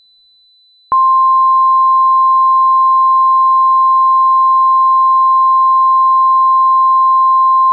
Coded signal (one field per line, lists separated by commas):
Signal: Emergency Alert System (SAME) tones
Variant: 1050 Hz attention tone